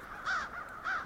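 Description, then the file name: Crow giving two loud harsh caws with a softer caw between them. Recorded 20 January 2006; several crows. "060120 crows"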